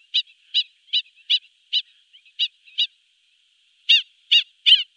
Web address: Faglar Sound Styltlopare